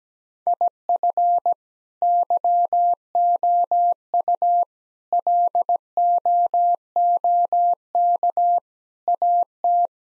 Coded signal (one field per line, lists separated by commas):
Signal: Morse code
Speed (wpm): 17 wpm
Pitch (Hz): 700 Hz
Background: none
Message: IF YOU LOOK AT